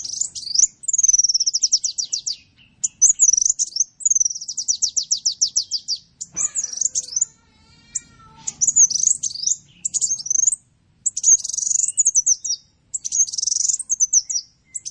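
Bird song alternating rapid high trills with looping, warbled notes, in bursts repeated every few seconds.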